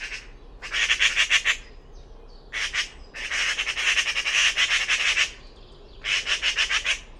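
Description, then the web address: Bird calls in rapid buzzy bursts of varying length, separated by short pauses. "cianscape birddata Deverinetal"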